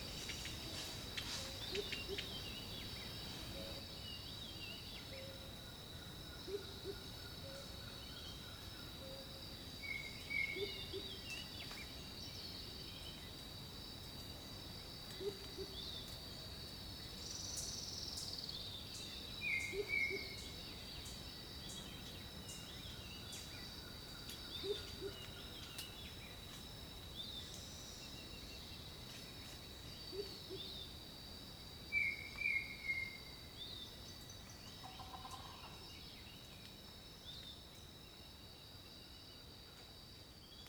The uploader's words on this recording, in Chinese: 大自然的声音-丛林鸟鸣。